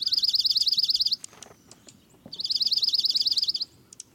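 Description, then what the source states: Dark-eyed Junco giving high, rapid twittering trills, two bursts of about a second each separated by a short gap with faint clicks. Wintering flock arriving in fall from mountains or farther north; sharp twittering call given as the bird darts off, flashing white tail feathers; in spring most head north or higher to breed.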